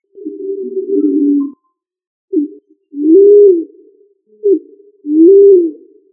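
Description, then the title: Pigeon cooing: a long wavering low coo, then two short clipped notes each followed by a smooth rising-then-falling coo, all deep and mellow, with silence between. "Familia Columbidae Pomba"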